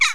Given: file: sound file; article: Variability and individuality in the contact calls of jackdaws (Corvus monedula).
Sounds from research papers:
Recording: jackdaw call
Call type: harmonic

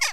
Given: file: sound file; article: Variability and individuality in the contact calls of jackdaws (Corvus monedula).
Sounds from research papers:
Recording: jackdaw call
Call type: harmonic

